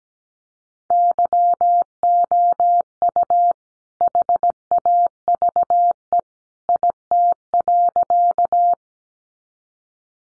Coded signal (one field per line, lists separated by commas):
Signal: Morse code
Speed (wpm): 17 wpm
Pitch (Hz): 700 Hz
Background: none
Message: YOU HAVE IT.